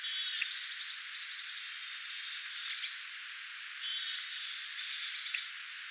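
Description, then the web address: Tit calls: a buzzy chattering phrase at the start, sharp high ticks near three seconds, then another burst of rapid buzzy notes toward the end. A flock of tits recorded on 25 October 2024. "25 10 2024 tiaisparvi"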